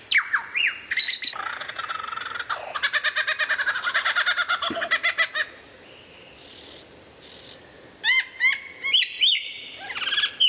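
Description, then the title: White-rumped shama song: a few whistles and a buzzy burst, then a long run of fast repeated clicking notes, followed by clear whistles and sharp chirps. Training recording for caged birds; from 2014. "mster Mnuk. Mastering Murai Batu"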